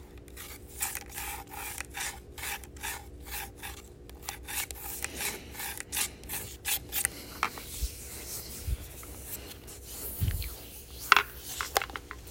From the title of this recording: Cantaloupe eating & tapping sounds